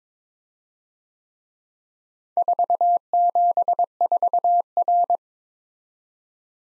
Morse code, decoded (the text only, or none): 474R